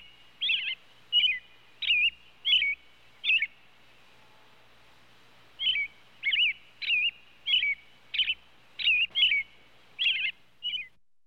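Robin calls, bright twisting chirps in two lively runs separated by a short pause, about one and a half notes per second.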